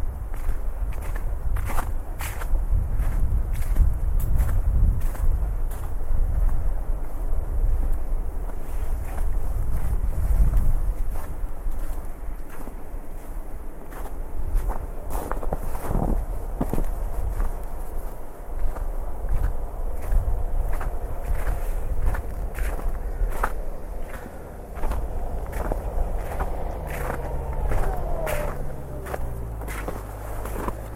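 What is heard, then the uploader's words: Crunching footsteps on snow fall at a steady walking pace, over a low rumble of wind and a river rushing throughout. This is a recording of a walk along a snowy river. You can hear the crunch of snow under your feet, the sound of the river, and the sound of the wind blowing.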